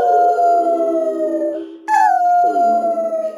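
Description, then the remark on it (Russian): A dog named Dunka howls in long, wavering tones that slide down in pitch, breaking off briefly and then rising into a fresh high howl before easing lower again. “Вторила ему собака Дунька.”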